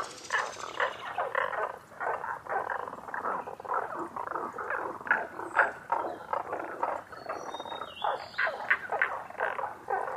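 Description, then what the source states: Tago's brown frog croaking chorus, rhythmic swelling pulses throughout, with a few soft high whistles near eight seconds. Recorded 11 June 2010 at 18:05.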